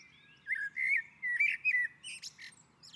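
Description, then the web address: Common blackbird song: a sequence of rich, fluted warbles followed by sharp, high-pitched squeaky twitters. Bird singing on a roof. "sammel Naturinspelningar Koltrast på taket"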